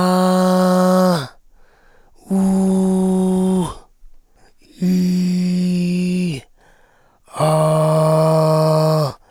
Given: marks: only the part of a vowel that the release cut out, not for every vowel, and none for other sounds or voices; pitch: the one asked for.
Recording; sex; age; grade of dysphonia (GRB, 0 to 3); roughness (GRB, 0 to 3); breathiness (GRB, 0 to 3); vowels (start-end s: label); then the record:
sustained vowels; male; 40 to 49 years; 3; 3; 3
0.29-0.95 s: vowel /a/, high pitch
2.41-3.13 s: vowel /u/, high pitch
5.01-5.92 s: vowel /i/, low pitch
7.69-8.68 s: vowel /a/, low pitch
From the record:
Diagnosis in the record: frontolateral partial laryngectomy, cordectomy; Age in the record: 48 years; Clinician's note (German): Zustand nach Laserchirurgie mit kompensierender Taschenfaltenstimme